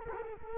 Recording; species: mosquito wingbeat signal from an infrared sensor; Culex quinquefasciatus